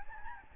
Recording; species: mosquito wingbeat signal from an infrared sensor; Aedes albopictus